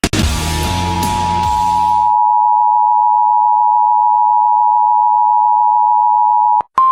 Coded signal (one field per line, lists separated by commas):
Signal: Emergency Alert System (SAME) tones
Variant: 853 and 960 Hz attention tone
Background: music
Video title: US Emergency Alert Systems 2026 (part 5)